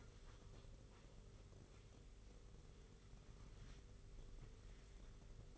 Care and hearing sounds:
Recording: daily activity, microphone in the room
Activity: wipe stove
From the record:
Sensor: 4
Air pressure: 991.3 hPa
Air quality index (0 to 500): 159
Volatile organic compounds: 135 ppm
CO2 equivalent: 3952 ppm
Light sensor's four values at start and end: 25/83/31/32 and 25/82/30/32

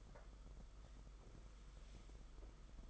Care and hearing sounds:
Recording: daily activity, microphone in the room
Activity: sweep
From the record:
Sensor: 5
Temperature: 22.1 degrees Celsius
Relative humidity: 50.0%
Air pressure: 991.5 hPa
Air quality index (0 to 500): 120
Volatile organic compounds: 44 ppm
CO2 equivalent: 3207 ppm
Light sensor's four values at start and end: 42/132/50/54 and 42/132/50/54

